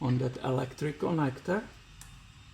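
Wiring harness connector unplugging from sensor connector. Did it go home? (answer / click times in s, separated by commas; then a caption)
released / 2.0 s. Someone talks while squeezing the locking tab of an electrical connector on an oxygen/air-fuel sensor harness with a pry bar. A short, sharp click is heard at 2.0 s as the tab releases, freeing the wiring harness connector to be unplugged from the sensor connector.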